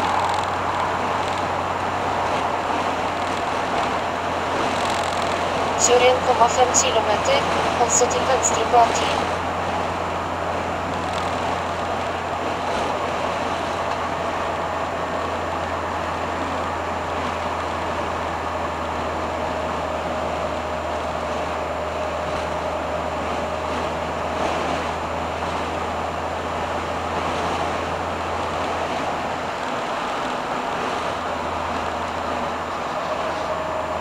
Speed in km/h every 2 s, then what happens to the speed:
81, 79, 78, 78, 77, 78, 77, 75, 74, 71, 70, 72, 73, 75, 75, 75, 72.
0-34 slows to 72.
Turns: none.